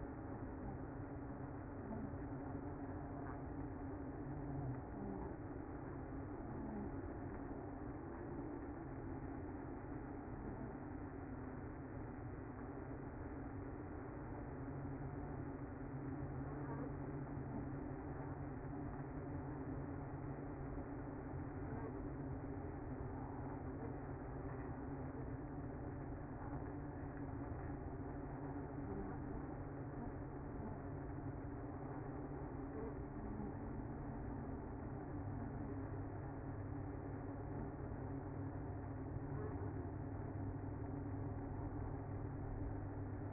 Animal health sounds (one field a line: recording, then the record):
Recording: honeybee colony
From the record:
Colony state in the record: active